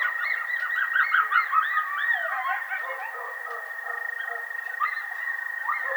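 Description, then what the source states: Coyote howls and yips, several wavering, swooping tones overlapping in a busy chorus, with a steady high-pitched drone running underneath throughout. Howling recorded on 30 March 2007.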